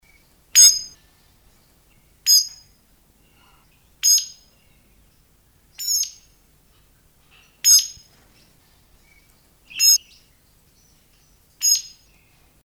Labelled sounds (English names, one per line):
Golden-breasted Starling